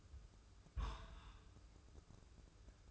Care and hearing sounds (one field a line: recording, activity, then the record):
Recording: daily activity, microphone in the room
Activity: place on stove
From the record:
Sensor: 2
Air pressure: 995.3 hPa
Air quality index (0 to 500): 79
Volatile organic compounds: 3 ppm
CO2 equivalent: 1411 ppm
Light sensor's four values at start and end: 19/66/25/23 and 19/66/25/23